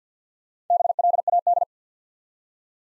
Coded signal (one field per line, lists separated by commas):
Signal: Morse code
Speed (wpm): 50 wpm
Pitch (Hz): 700 Hz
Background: none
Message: BLAD